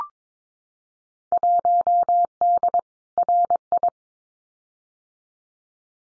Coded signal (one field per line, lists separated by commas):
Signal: Morse code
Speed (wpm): 22 wpm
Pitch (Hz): 700 Hz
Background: none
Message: 1D RI